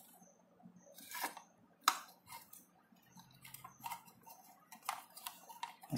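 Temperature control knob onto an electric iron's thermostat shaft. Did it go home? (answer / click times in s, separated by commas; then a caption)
yes / 1.9 s. A temperature control knob is lined up with the cross mark and pushed onto an electric iron's thermostat shaft, seating with a sharp click at 1.9 s. Softer clicks and light rattling follow through the rest of the clip. The knob is fitted onto the iron.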